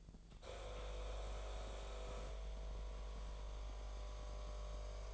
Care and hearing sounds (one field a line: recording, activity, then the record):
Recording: daily activity, microphone in the room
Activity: make coffee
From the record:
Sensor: 5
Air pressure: 1009.5 hPa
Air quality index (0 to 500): 168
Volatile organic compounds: 4 ppm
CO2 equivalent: 1629 ppm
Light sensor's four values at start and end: 93/246/100/106 and 93/246/100/106